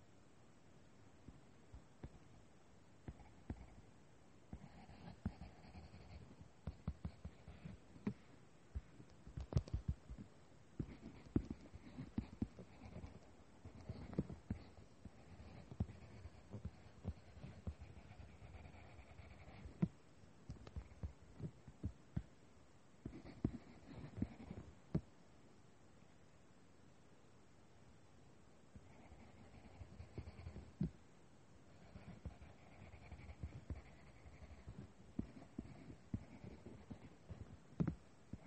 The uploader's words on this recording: Doing homework drawing and writing sounds. Lots of writing sounds.